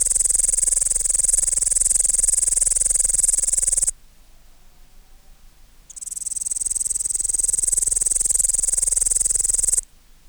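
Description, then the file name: Upland green bush-cricket song: a loud, continuous high buzzing stridulation, cut off by a silent pause of about two seconds before resuming, then stopping again shortly before the end. "Tettigonia cantans"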